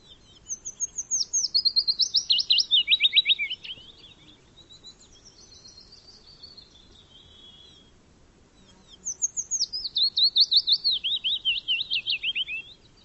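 Bird song in two high, descending trilled phrases, each sliding from sharp whistles into rapid chattering notes, separated by a few seconds of softer warbling.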